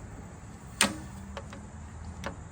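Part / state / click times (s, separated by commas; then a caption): magneto trip on a stationary engine / released / 0.8 s. As an old 6 H.P. Fairbanks Z stationary engine is turned over by hand, its repaired steel magneto trip catches and then lets go with a loud, sharp snap at 0.8 s. Fainter ticks follow at about 1.4 s, 1.5 s and 2.3 s over a low background hum. The magneto trip snaps free as it should.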